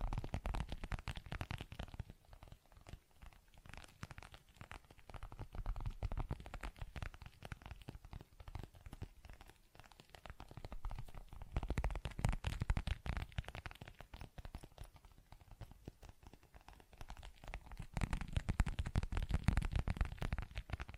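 ASMR tapping and scratching sounds, made of dense, rapid clicks and scrapes that run the whole clip without a break. The activity swells in busier stretches around 2, 12 and 18 seconds, with a low rumbling undertone beneath the sharp ticks.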